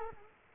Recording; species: mosquito wingbeat signal from an infrared sensor; Culex quinquefasciatus